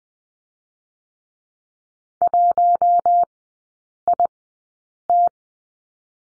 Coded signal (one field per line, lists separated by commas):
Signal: Morse code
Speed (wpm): 20 wpm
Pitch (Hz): 700 Hz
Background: none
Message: 1IT